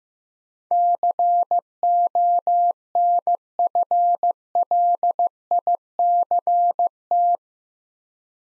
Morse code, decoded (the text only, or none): CONFLICT